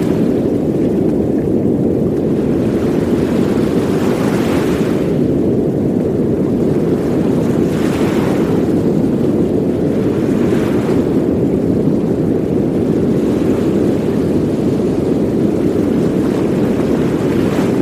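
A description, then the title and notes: Ocean waves blend with a steady, dense rushing noise, heavy in the low and middle range. Soft brighter swells rise at about 4, 8 and 10 seconds, like waves washing in, while the overall level stays constant throughout. Ocean Waves & White Noise.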